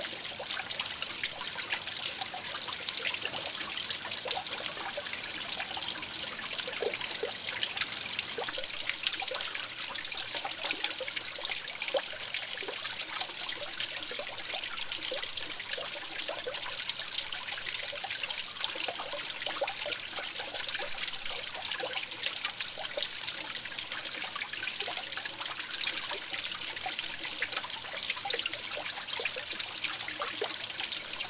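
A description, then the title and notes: Water flows easily and steadily, a dense bright hiss of running water that holds an even level for the whole stretch. Small droplets and splashes pop through it constantly at irregular moments, with a faint low rumble underneath. The easy flowing water and droplets.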